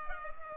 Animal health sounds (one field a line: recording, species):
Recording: mosquito wingbeat signal from an infrared sensor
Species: Culex pipiens